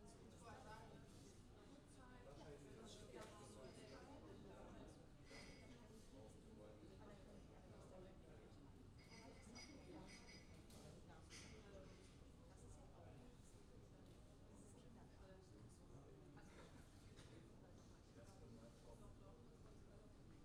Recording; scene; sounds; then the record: everyday scene through a hearing-aid microphone; many people talking; many voices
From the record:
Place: university cafeteria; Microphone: in the ear canal, left